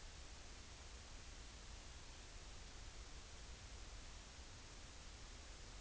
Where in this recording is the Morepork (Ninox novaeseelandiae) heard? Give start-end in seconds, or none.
none